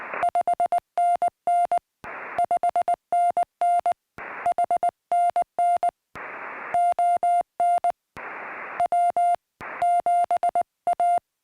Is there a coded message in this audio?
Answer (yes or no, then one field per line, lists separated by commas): yes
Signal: Morse code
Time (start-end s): 0.2-11.2 s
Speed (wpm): 22 wpm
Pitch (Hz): 660 Hz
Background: music, radio noise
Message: 5NN 5NN HNN ON W7A